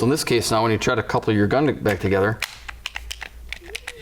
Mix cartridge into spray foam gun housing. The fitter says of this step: can't actually lock the cartridge into place. It won't lock in, right?